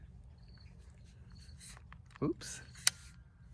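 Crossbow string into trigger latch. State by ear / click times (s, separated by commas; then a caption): seated / 2.9 s. A Tenpoint Vengent S440 crossbow is cranked with its built-in cocking device while someone talks, with faint scrapes and rustling underneath. A single sharp click at 2.9 s marks the string locking into the trigger latch, and the crossbow is cocked.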